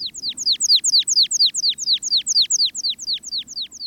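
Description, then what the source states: American Pipit song: a long, steady torrent of many repeated sharp descending notes, running throughout without a break. Hovers overhead and trills a long torrent of notes in the open, rocky alpine zone, at the top of a hike in the mountains of the West.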